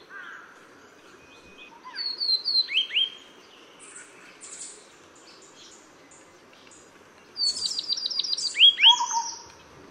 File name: 黃山雀